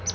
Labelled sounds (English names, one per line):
Palm Warbler flight call